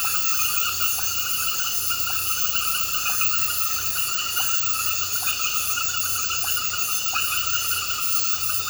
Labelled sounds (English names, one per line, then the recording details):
none
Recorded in pastures near Puerto Asís, Putumayo, Colombia, on 8 March 2025 at 21:00
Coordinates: 0.466, -76.322
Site CSA-02